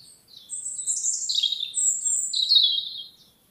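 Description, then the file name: European robin singing loud, high, tumbling phrases of thin whistles and trills, rising and falling, for about three seconds. "Erithacus rubecula"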